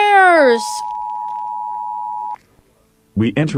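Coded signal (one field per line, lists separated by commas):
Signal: Emergency Alert System (SAME) tones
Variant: 853 and 960 Hz attention tone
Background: speech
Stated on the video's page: Fictional analog horror EAS.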